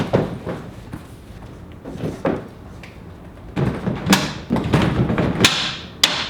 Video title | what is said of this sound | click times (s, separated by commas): Silverado & GMC Sierra Bed Cover Install & Review RealTruck BakFlip Tonneau Cover | it locks right in. That's awesome. | 6.0 s